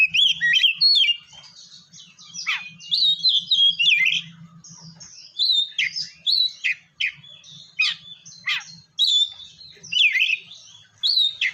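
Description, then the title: Oriental magpie-robin song, a rich run of loud varied whistles and sweeping notes in short bursts, with a low steady hum underneath. "kacer"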